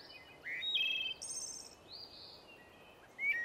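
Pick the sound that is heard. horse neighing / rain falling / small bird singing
small bird singing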